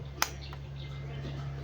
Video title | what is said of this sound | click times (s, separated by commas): #11 UNBOXING MOTHERBOARD BULDOZER H61 LGA1155 NVME M2SATA | bunyi klik oke | 0.2 s